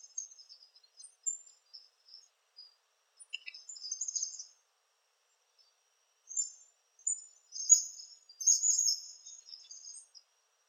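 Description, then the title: Palm tanager calls, scattered high thin chips with two short bursts of squeaky twittering separated by a quiet gap. "Sanhaçu-do-coqueiro (Tangara palmarum)"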